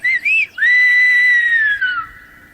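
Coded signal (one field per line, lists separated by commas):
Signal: whistled language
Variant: Silbo Gomero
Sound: a clear human whistle gliding up and down, then a long steady tone falling slowly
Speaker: sino remontamos siglos atrás solo existía el silbo gomero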